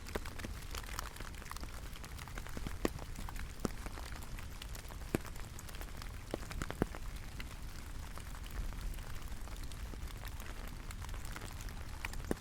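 Steady rain falls through a lush rainforest, a dense even hiss with frequent sharp drops tapping, over a low rumbling undertone.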